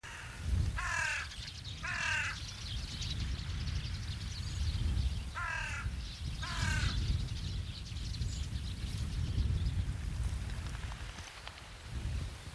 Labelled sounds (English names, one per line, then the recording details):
Hooded Crow call
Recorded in the wild
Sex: group
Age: adult
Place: Loddin, Insel Usedom, Mecklenburg-Vorpommern, DE
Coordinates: 54.0264, 14.0472
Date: 1983-09-26 17:30
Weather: fair, 15°C, light gusty winds
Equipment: Nagra SN, Sennheiser MKH 416 T, Kopie Uher 4000 Report Monitor
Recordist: Tembrock, Günter
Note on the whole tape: Diverse Rufe. Dazu Fluggeräusche von Stockenten